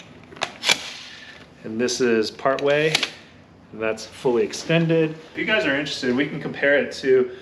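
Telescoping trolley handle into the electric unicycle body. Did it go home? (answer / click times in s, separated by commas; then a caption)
yes / 0.7 s. The telescoping trolley handle of a Begode Master PRO electric unicycle is pushed down into the unicycle body until its latch locks, with a few faint ticks before a sharp click at 0.7 s. Someone then talks while the handle is set part way and then fully extended. The handle is seated and locked in position.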